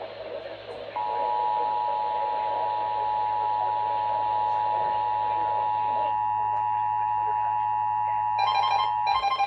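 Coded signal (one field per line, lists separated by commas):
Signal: Emergency Alert System (SAME) tones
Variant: 853 and 960 Hz attention tone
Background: speech, music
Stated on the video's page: Winter storm watch received on five stations.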